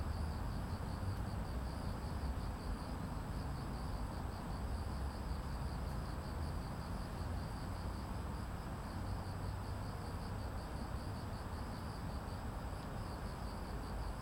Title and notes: Banpo Jugong Apartment, Cricket, Street 반포주공1단지, 저녁, 풀벌레, 자동차. 대한민국 서울특별시 서초구 반포본동 1107